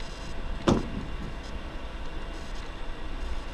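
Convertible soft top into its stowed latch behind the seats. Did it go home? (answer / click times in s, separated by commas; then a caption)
yes / 0.7 s. The folded fabric soft top of a 2010 Mazda MX-5 2.0i two-door convertible is pushed down flat behind the seats into its stowed position. Against a low background rumble, a single sharp latching hit lands at 0.7 s. The top seats and locks into place.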